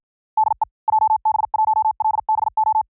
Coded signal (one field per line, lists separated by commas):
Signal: Morse code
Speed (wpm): 53 wpm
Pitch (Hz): 870 Hz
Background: none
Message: DE JB1LBO